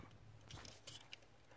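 A keyed plastic electrical connector is lined up and pushed onto the new heater-blower resistor of a 2007 Logan MCV, making brief plastic handling rustles and small sharp taps. Nothing has seated or clicked yet.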